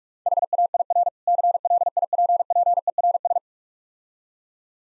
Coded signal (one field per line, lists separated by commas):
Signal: Morse code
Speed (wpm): 47 wpm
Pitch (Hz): 700 Hz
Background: none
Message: HAIR CLIPPERS